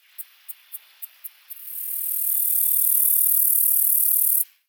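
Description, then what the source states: Insect buzzing: six sharp, evenly spaced clicks, then a very high, hissing drone that swells up, holds steady for a few seconds and stops abruptly. Insect ambience.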